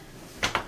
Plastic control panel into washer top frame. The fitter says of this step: lugs at the bottom and at the top we'll push it in until it clicks